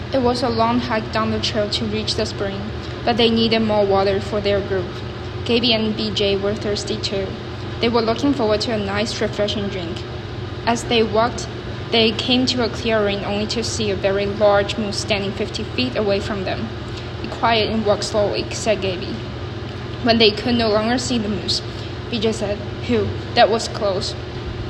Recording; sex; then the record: reading aloud after running; female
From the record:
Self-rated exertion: light exertion (2 of 6); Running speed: 5 miles an hour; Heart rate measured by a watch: 101 beats a minute at the start, 94 at the end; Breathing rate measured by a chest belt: 17 breaths a minute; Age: 24 years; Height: 163 cm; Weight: 52 kg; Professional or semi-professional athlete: no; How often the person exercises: 1 to 2 times a week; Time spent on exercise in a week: under 1 hour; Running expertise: no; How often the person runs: 1 to 2 times a week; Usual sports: interval training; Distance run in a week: 5 km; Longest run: 3 km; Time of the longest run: 30 minutes